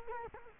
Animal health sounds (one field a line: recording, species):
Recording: mosquito wingbeat signal from an infrared sensor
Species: Culex quinquefasciatus